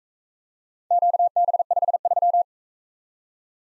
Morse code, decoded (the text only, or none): QB53